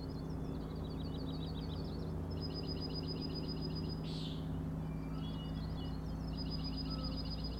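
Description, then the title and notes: Common nighthawk rattles in long pulsed trains, broken midway by a single buzzy nasal peent, over a constant low drone. Three birds peenting and rattling, flying one after another in very close formation near the recordist, Schoodic Head overlook, Acadia National Park, Winter Harbor, Maine; 16 June 2017, 4am. "Common Nighthawks, Schoodic Head 061617 4am. 3 common nighthawks making peenting calls and wings booms but also a rattling noise at the Overlook (410 ft) on Schoodic Head (435 feet) Schoodic division Acadia National Park Winter Harbor, ME"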